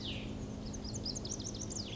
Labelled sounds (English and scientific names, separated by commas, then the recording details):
Cassin's Vireo (Vireo cassinii)
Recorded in Sonoma County, California